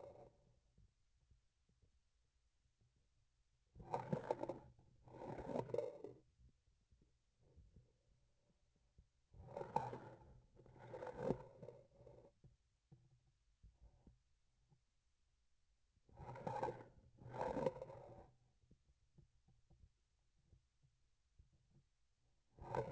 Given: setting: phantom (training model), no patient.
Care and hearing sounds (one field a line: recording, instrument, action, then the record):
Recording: laparoscopic instrument, vibration sensor on the handle end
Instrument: grasping forceps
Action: approaching and retracting movements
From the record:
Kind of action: spatial motion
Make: other than Olympus